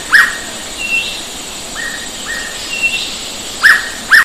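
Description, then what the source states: Hooded pitta calls: a loud whistle at the start, a loud pair at the end and softer whistles between, over a steady high background buzz. Recorded 4 February 2005.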